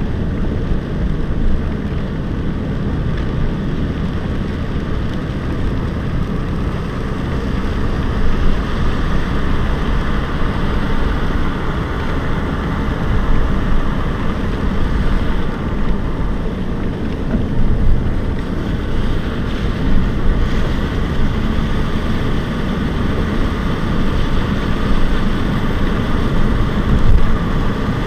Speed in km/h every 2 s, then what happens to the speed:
44, 42, 40, 41, 44, 45, 46, 45, 45, 40, 46, 53, 58, 59.
0-18 steady at about 44. 18-28 speeds up to 59.